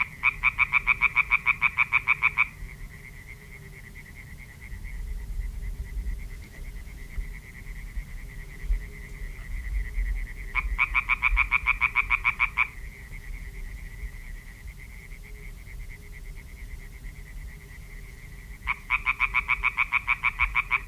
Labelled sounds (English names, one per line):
Common Tree Frog call